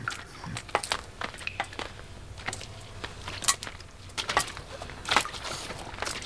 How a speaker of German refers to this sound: Oh, die Flut! Im Gang ist schon Wasser. Es geht uns nur bis zu den Knien, nicht so schnell. Nee, schneller.